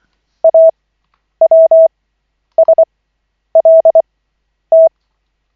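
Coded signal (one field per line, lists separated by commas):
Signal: Morse code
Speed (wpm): 24 wpm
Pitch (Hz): 650 Hz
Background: none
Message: AWSLT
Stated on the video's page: Koch method Morse practice session, lesson 11 of 40, from LCWO.net.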